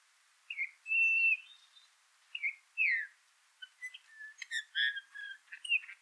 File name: Pyrrhula pyrrhula